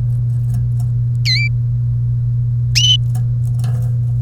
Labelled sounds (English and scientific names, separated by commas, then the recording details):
Domestic Canary (Serinus canaria) song
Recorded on 1 May 2018 at 08:01
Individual llb3